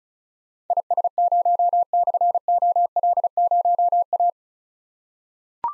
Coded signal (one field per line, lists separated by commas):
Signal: Morse code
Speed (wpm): 36 wpm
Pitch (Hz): 700 Hz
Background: none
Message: IS0/OL0A